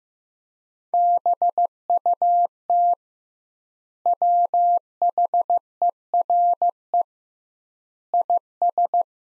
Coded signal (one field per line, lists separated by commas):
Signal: Morse code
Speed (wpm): 15 wpm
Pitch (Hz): 700 Hz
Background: none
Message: BUT WHERE IS